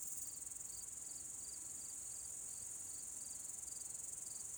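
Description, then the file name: Crickets chirping in quick, evenly spaced high pulses, roughly three per second, against an unbroken shrill background trill. "Grillen"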